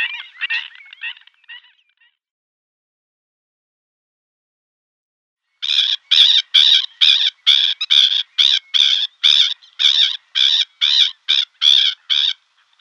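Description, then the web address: Black-winged stilt giving harsh, nasal yapping calls: a short burst at the start, then a steady run of loud barking notes about twice a second after a pause. "Schulze Peter Black-winged Stilt"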